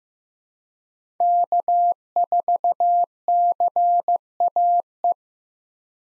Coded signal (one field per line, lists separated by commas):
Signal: Morse code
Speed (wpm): 15 wpm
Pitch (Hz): 700 Hz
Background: none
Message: K4CAE